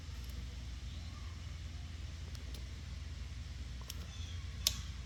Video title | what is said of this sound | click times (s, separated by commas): Razor Electric Scooter: Anatomy and Replacing Batteries | all right and once you hear that snap that means it has locked in place and it's secure | 4.7 s